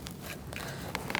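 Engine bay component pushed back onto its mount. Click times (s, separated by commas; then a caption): 1.1 s. During a camshaft position sensor replacement on a 2008-2014 Mercedes-Benz C300 3.0L V6, a part in the engine bay is slid back onto its mount and pushed after the sensor connector has been locked. Faint sharp ticks and rustles come at about 0.1, 0.6, 1.0 and 1.1 s, followed by the loudest sharp click at 1.2 s as the part seats home.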